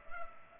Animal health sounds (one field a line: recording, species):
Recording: mosquito wingbeat signal from an infrared sensor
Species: Culex pipiens